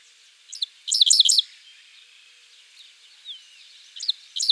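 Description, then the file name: Dickcissel giving one full buzzy phrase of quick chips and three rough notes, then a pause with a few faint thin notes before the next phrase begins. "Spiza americana - Dickcissel"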